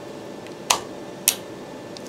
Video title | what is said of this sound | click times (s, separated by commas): Canine Sperm Analysis at HOME! - PetCount Review and Demo | there's the click | 0.7 s, 1.3 s